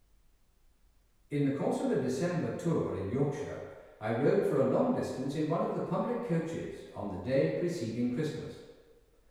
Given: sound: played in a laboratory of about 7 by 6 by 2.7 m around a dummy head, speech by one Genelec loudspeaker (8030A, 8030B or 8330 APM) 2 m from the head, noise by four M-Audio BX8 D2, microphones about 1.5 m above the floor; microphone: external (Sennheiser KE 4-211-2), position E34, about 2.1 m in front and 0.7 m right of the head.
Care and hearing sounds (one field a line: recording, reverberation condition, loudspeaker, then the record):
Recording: male speech in English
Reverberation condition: high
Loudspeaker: 150 degrees to the right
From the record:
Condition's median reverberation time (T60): about 1300 ms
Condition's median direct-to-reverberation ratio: about -4.0 dB